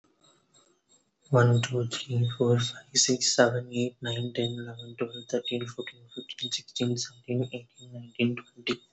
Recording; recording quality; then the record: counting at a normal pace; excellent, no background noise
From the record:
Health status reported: recovered from COVID-19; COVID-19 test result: positive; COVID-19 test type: RT-PCR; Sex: male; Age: 25 years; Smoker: no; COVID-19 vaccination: both doses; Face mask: not worn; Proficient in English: yes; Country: India